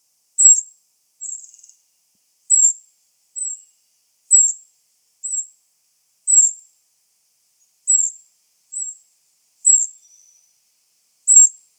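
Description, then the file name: Eurasian wren, a steady run of about eleven sharp high call notes spaced roughly a second apart, some with a short trailing buzz; otherwise quiet. "Troglodytes troglodytes"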